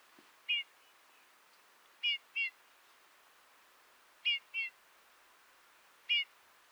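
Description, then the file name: Eurasian bullfinch giving short, soft piping calls, some single and some in quick pairs, spaced irregularly over a quiet background. "Goudvink Pyrrhula pyrrhula"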